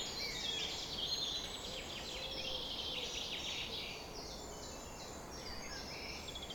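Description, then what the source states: Birds in a dawn chorus, many overlapping high whistles, trills and chirps from several singers at once over a steady low background hiss. Summer morning dawn chorus at 4:40 am.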